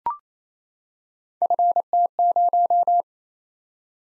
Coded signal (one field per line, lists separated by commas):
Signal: Morse code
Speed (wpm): 27 wpm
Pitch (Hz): 700 Hz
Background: none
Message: FT0